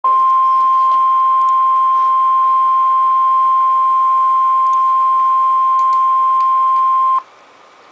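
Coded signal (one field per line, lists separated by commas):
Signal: Emergency Alert System (SAME) tones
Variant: 1050 Hz attention tone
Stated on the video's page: NOAA weather radio severe thunderstorm warning for Arkansas counties, issued from Tulsa and recorded from an online weather radio stream.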